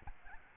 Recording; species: mosquito wingbeat signal from an infrared sensor; Aedes albopictus